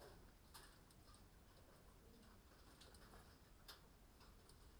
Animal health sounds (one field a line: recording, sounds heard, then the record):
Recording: poultry house recording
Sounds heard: no chicken sound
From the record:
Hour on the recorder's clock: 23